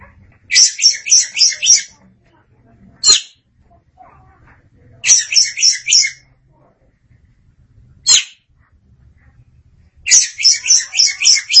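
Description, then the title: Oriental magpie-robin song, rapid chattering phrases of five or six fast notes alternating with single sharp calls, about every two to three seconds. Kacer song. "Suara Kicauan Burung Kacer"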